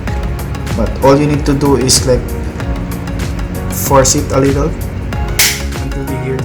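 Someone talks over background music while forcing the stiff plastic battery compartment cover of an ASUN Technology handheld forehead thermometer to fit a AAA battery. The cover gives a sharp click at 5.4 s and releases open.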